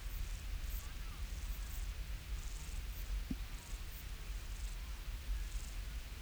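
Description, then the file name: Woodland grasshopper song: soft, hissing buzzy bursts repeated at uneven intervals, over a steady low rumble. "Omocestus rufipes"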